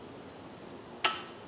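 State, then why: Seated. As a 300Tdi engine is turned by hand, its spring-loaded timing pin drops into the flywheel timing hole at top dead center. After a second of quiet, low background noise, a sharp metallic click sounds at 1.1 s with a brief bright ring that fades away. The pin is confirmed seated in the hole.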